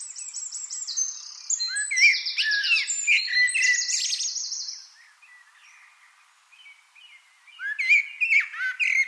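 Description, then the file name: Eurasian wren singing a vigorous phrase of piercing trills and twittering notes, a short pause, then another energetic phrase beginning. "Troglodytes troglodytes"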